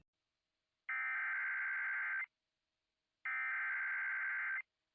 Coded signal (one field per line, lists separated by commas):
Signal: Emergency Alert System (SAME) tones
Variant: header bursts